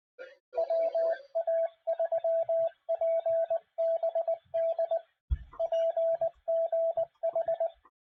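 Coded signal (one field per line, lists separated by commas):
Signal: Morse code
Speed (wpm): 19 wpm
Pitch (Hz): 660 Hz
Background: radio noise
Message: WA3PBD PGH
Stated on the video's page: Weekly club net.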